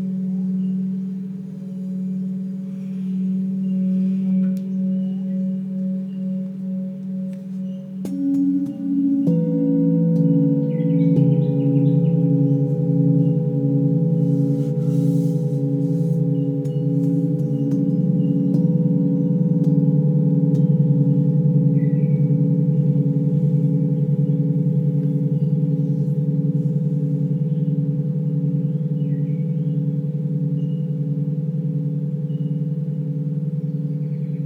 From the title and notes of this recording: Ayesha practices the traditional form of Sound healing, with the Tibetan singing bowls. The sounds from the bowls.